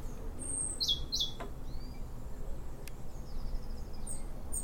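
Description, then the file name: European robin uttering two sharp, high downslurred notes near the start, followed by a faint thin note and a soft high trill against low background noise. "Erithacus rubecula"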